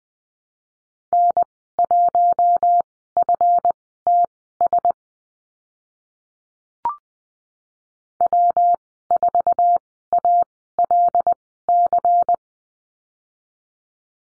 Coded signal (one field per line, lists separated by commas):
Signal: Morse code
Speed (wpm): 20 wpm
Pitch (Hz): 700 Hz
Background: none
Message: N1FTS W4ALC